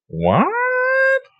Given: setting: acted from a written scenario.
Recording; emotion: vocal sound without words; confusion